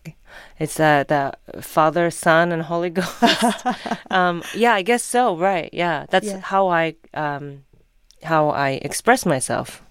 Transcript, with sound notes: It's the Father, Son and Holy Ghost.
(Laughter).
Yeah. I guess so, right, yeah. That's how I express myself.